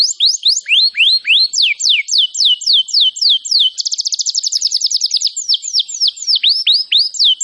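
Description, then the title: Canary singing a steady series of down-slurred whistled notes, broken by a quick rapid trill in the middle, then returning to the repeated slurred notes. "Kenari Gacor"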